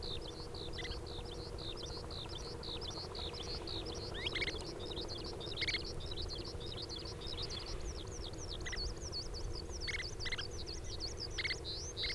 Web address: Oriental Skylark Song 120505 Fujian Changle. alouette gulgule alauda gulgula ssp coelivox